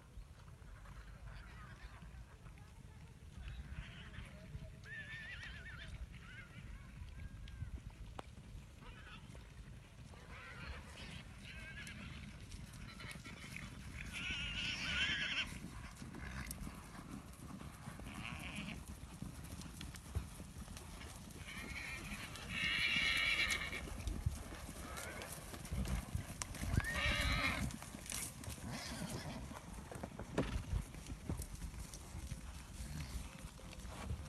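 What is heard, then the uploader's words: A herd of Arabian horses moves about freely, with a steady low rumble and scattered thuds of hooves running through the whole stretch. Bright snorts and whinny-like calls break out now and then, clustering around the middle and again near the end, where the activity grows busier. Arabian Horse Herd in Freedom. A year ago at Tenuta Casabianca.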